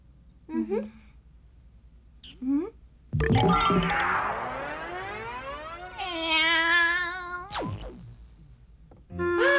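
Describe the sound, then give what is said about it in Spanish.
A cat in Sailor Moon gives two short, high meows, then a long, loud, drawn-out yowl that slides and wavers in pitch, ending with another brief cry. “¡Ahí está ese gato!”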